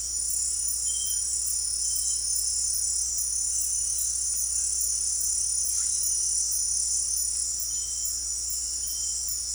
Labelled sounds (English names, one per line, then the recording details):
none
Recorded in dense forest near Puerto Asís, Putumayo, Colombia, on 9 March 2025 at 18:00
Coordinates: 0.503, -76.323
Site GP09